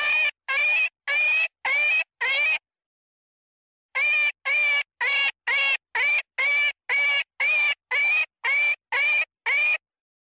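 Jackrabbit distress screams, five harsh squeals, a short silence, then a steady run of about fourteen more, repeated roughly two to three times a second.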